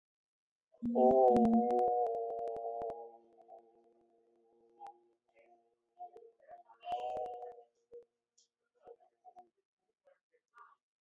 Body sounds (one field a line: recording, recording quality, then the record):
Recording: sustained vowel as in boot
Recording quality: excellent, no background noise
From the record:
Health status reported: exposed to COVID-19, no respiratory illness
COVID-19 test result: negative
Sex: male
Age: 53 years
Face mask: worn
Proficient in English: yes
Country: India